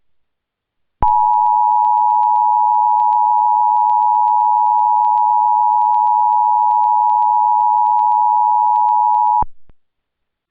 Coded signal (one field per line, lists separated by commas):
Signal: Emergency Alert System (SAME) tones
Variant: 853 and 960 Hz attention tone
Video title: EAS Scenario: Mobius City Metal Virus Part 2